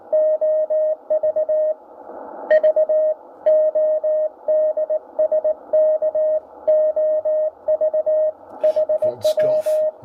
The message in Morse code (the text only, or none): OV V ODSK OV HW